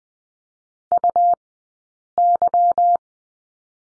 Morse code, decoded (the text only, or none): UY